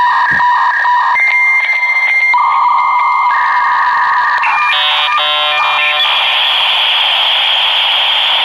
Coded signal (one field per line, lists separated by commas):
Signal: dial-up modem handshake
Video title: dial up sound effects (part 1)